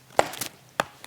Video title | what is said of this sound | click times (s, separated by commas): Episode 323 - HandEHolder, Sony ICD-PX820 Recorder | and once you've heard that click right you know it's in there | 0.2 s, 0.8 s